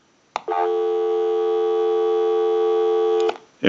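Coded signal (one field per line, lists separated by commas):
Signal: telephone call progress tone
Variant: North America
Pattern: dial tone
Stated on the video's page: Western Electric 302 rotary desk telephone undergoing initial checkout and repair.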